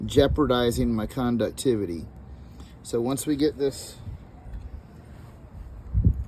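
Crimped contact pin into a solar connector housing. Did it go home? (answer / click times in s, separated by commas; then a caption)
yes / 6.1 s. A crimped metal contact pin on a solar cable is pushed into a plastic solar connector housing until its barbs lock, so it will not pull off. Someone talks for the first few seconds, then a short, sharp click is heard at 6.1 s as the pin seats in the housing.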